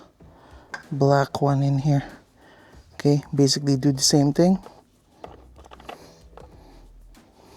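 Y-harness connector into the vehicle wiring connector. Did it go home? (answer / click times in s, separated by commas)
no / none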